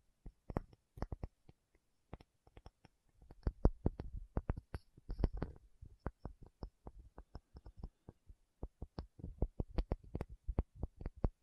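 Tapping in quick irregular bursts of sharp, bright taps, dense clusters around four and five seconds, continuing steadily through eleven seconds.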